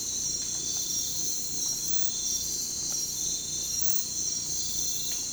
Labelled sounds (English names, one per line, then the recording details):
none
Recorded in pastures near Puerto Asís, Putumayo, Colombia, on 18 December 2024 at 05:00
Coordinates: 0.466, -76.322
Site G040